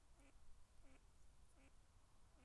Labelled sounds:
Mallard
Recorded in Germany
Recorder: ecoPi

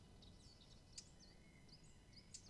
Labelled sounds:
Eurasian Blackcap
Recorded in Germany
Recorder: ecoPi

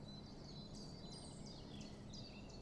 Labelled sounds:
Common Chiffchaff
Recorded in Germany
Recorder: ecoPi

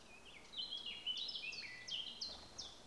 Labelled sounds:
Eurasian Blackcap
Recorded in Germany
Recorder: ecoPi

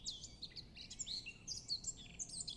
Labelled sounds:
Eurasian Blackcap
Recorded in Germany
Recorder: ecoPi

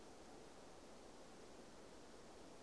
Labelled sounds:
Tawny Owl
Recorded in Germany
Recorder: ecoPi

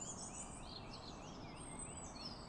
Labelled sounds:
Eurasian Blue Tit
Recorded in Germany
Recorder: ecoPi

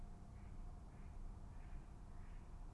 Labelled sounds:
Mallard
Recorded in Germany
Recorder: ecoPi

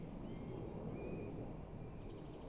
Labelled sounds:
Great Tit
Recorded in Germany
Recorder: ecoPi

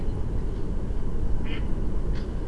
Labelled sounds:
Mallard
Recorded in Germany
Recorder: ecoPi

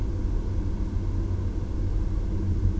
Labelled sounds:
none
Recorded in Germany
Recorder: ecoPi

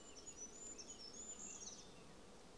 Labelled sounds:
Eurasian Blackcap
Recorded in Germany
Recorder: ecoPi

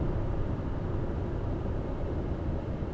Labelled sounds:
none
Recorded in Germany
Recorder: ecoPi

